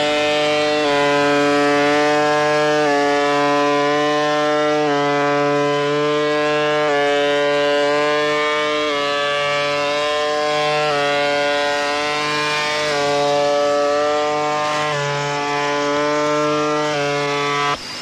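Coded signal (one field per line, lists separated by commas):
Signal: channel marker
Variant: UVB-76 (The Buzzer)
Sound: harsh low droning buzz repeating in roughly two-second segments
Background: radio static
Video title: The Conet Project 432 - The Buzzer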